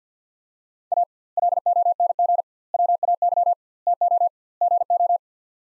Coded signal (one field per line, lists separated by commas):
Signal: Morse code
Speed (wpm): 50 wpm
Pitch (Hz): 700 Hz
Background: none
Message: A LONG WAY TO GO